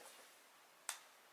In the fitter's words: it should have a little click analogy hear that